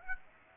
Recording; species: mosquito wingbeat signal from an infrared sensor; Aedes aegypti